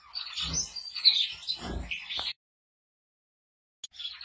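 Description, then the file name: Society finch song: a fast, buzzy, scratchy warble of high twittering notes for about two seconds, then silence, with a brief burst at the end; low thumps underneath. "canto do bengalim do japao"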